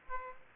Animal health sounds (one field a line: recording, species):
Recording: mosquito wingbeat signal from an infrared sensor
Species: Aedes aegypti